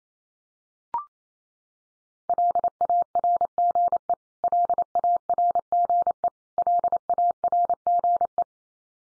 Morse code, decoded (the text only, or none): LARGE LARGE LARGE